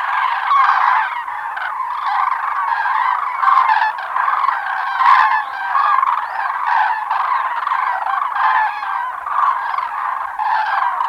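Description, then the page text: Common cranes calling as a flock, a steady mass of overlapping trumpeting notes, dense and unbroken throughout. "Common Crane Flock Calls. Quick Sounds"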